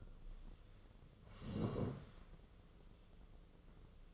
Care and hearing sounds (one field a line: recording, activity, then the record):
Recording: daily activity, microphone in the room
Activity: sit down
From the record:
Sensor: 4